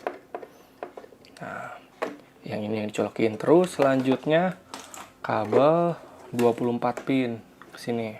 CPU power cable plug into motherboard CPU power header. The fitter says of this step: bidang akan masuk Nah ini masuk tinggal sampai klik aja